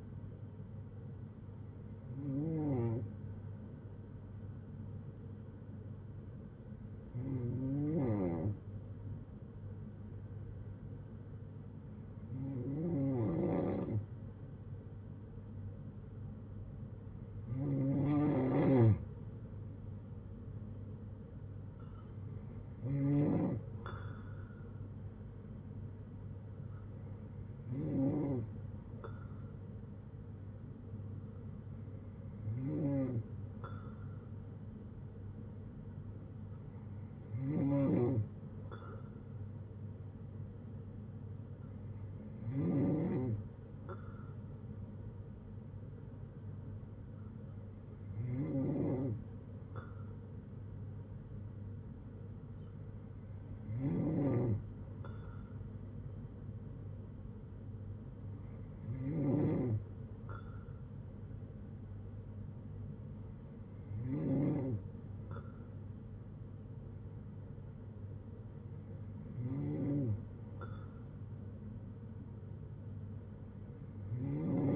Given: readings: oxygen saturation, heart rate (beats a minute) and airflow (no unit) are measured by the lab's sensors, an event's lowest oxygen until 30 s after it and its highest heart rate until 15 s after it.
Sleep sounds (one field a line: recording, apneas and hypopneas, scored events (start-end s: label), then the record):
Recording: breathing in sleep by a smartphone at the bedside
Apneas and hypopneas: none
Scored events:
9.00-39.00 s: new sleep stage, N3 (deep sleep)
39.00-74.76 s: new sleep stage, N2 (light sleep)
From the record:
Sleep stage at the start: N2 (light sleep)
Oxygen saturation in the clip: 94 to 95%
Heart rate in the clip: 56 to 67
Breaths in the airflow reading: 14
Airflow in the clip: -7.1 to 6.0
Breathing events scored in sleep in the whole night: 182 in 7.4 hours asleep